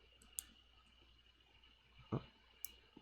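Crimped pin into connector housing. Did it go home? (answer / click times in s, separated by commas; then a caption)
yes / 0.4 s, 2.6 s. While wiring the electronics of an LED choker, crimped pins are pushed into a small plastic connector housing after the ground and power pins are identified. Two short, sharp clicks sound at 0.4 s and 2.7 s, with a duller thump around 2.2 s between them. Each click confirms that a pin has seated in the housing.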